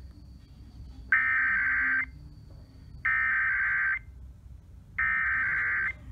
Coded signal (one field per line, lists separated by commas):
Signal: Emergency Alert System (SAME) tones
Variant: header bursts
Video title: KLLI 93.9 Daytime Weekly Test (EAS #3096) 12/29/20